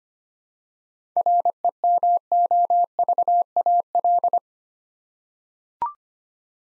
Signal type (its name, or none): Morse code